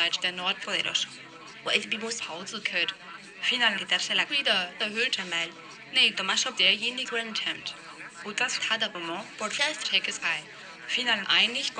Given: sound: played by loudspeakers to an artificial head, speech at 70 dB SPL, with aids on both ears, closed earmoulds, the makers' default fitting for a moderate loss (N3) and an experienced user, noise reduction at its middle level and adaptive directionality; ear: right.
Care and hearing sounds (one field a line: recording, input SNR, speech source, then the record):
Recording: speech test signal (ISTS) in cocktail-party noise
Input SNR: +6 dB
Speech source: on the right (90 degrees)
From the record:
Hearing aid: class 2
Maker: G